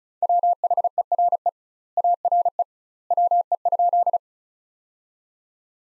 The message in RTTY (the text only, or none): none